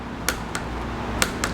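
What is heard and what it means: A preset torque wrench set to about 9 Nm tightens the rear derailleur bolt on an INTENSE Tazer MX Pro bike. Two short, sharp ticks at about 0.3 s and 0.6 s are followed by the wrench's two crisp clicks at 1.2 s and 1.4 s over a low, steady background hum. The clicks confirm the bolt has reached its set torque.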